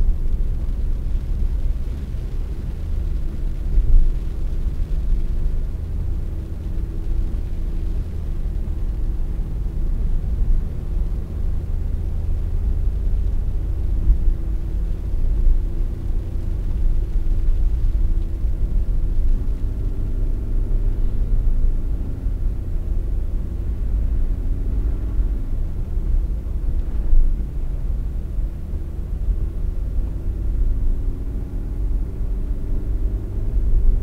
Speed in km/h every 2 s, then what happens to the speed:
61, 62, 63, 65, 67, 68, 68, 67, 66, 63, 62, 61, 60, 59, 60, 60, 62.
0-10 speeds up to 68.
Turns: none.